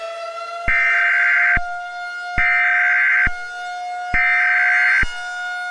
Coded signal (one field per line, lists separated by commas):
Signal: Emergency Alert System (SAME) tones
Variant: header bursts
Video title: EAS Scenario: The Xmas Super Outbreak